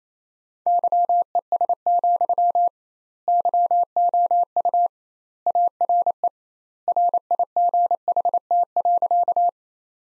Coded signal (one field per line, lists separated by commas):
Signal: Morse code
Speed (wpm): 28 wpm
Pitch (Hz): 700 Hz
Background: none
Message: YES, YOU ARE RIGHT.